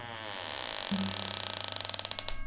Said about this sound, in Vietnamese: Cánh cửa nhà sau được mở ra, tạo nên một âm thanh ken két khi nó cắn vào không gian yên tĩnh.